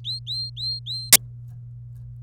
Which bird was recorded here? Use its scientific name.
Serinus canaria